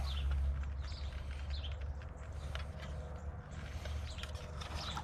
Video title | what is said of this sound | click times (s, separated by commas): Ford Ranger Marker Light Replacement | think it locked it no it didn't lock in yet | none